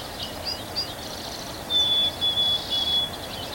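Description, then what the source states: Bird song: thin high twittering notes, then long level whistles broken into three drawn-out strands over faint steady background hiss. 3 May 2023.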